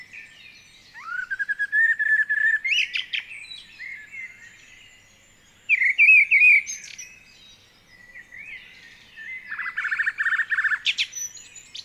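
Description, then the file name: Common blackbird song: low fluted whistled phrases, each ending in a high squeaky twitter, in three bursts with short pauses between them. "Turdus merula"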